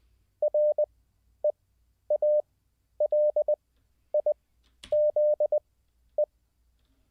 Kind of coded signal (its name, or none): Morse code